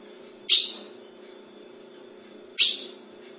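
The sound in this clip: Ultramarine grosbeak calling twice, crisp falling notes about two seconds apart, over a continuous low hum.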